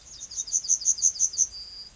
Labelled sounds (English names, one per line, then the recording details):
Yellowhammer song
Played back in grassland
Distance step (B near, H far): D
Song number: 171